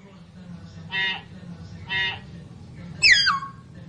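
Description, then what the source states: Lovebird calls: two short buzzy nasal notes about a second apart, followed by one sharp descending shriek, over a faint low hum. Lovebird calls used as a lure to attract birds.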